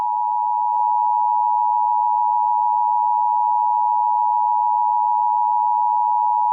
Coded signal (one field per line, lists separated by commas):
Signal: Emergency Alert System (SAME) tones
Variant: 853 and 960 Hz attention tone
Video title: EAS Scenario: XJ9 invasion remake (preview)